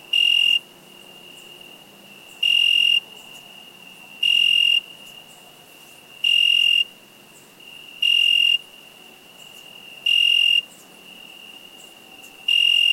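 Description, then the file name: Cricket giving regular shrill chirps, seven loud trilled bursts spaced about two seconds apart, a steady high hum running throughout. "Cricket insect"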